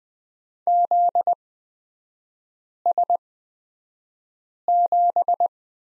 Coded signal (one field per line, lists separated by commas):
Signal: Morse code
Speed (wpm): 20 wpm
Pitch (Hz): 700 Hz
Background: none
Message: ZS7